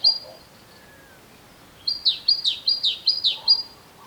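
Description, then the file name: Great tit singing a rapid series of bright, downward-sweeping high notes after a quiet first half, with a faint low chirp in the background. "Parus major"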